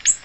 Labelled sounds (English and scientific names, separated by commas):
Ovenbird (Seiurus aurocapilla) flight call